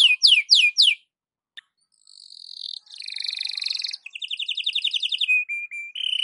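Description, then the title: Canary singing: a few loud sweeping notes, a pause, then buzzy rolls and a steady high trill with short whistled tones. Belgian canary singing a morning warm-up song, used for masteran (tutoring other birds). "Canto Para Esquentar Canário Belga. SUARA BURUNG KENARI DI PAGI HARI COCOK BUAT MASTERAN"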